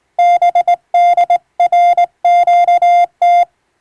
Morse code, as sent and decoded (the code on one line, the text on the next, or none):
-... -.. .-. --.- -
BDRQT